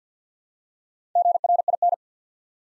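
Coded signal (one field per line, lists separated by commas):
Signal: Morse code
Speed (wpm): 50 wpm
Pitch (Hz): 700 Hz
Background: none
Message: GRIN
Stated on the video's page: Morse practice set at 50 wpm, building 4-letter words one letter at a time.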